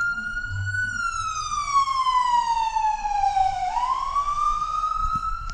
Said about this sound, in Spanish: nos está pasando una patrulla o una ambulancia aquí al lado y se oye bastante, bastante intenso. Miren, escuchen ustedes.